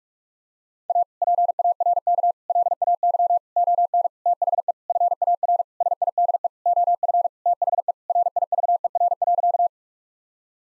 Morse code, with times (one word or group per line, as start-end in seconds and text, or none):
0.9-1.0 A
1.2-2.3 PARK
2.5-3.4 LAY
3.6-4.1 ON
4.3-4.7 THE
4.9-5.6 FAR
5.8-6.5 SIDE
6.7-7.3 OF
7.5-7.9 THE
8.1-9.7 RIVER.